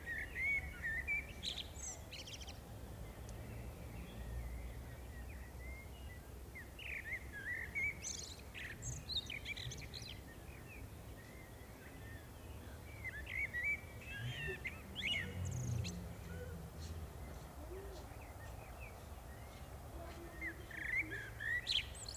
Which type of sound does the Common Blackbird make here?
song